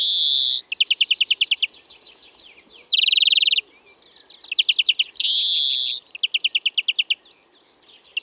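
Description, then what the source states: European greenfinch singing fast rattling trills alternating with long harsh wheezes, the wheeze-then-trill pattern repeating three times. Original-speed song of trilling notes and drawn-out whistles alternating with the characteristic wheezing.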